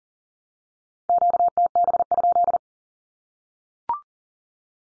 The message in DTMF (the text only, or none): none